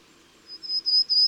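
Bird song: after a short quiet pause, a thin, high whistled note broken into short pieces, with a louder burst at the very end.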